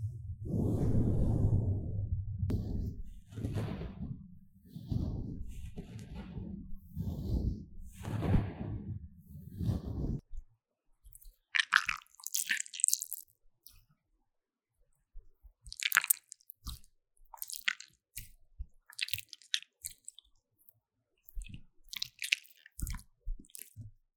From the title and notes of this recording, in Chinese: 史萊姆啪唧啪唧。NO Talking。